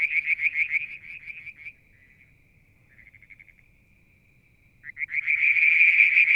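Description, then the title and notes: Frog calls: rapid high pulsed trills, a steady faint tone and a quieter burst between, then a loud fast pulsing trill returning near the end. Mount Wilson, New South Wales, Australia; July 2022; evening, near a water tank. "Frog song, Mount Wilson, New South Wales, Australia in July 2022 – by Alexander Moffatt. Limnodynastes Peronii, Litoria Verreauxii and a mystery frog one evening near the water tank"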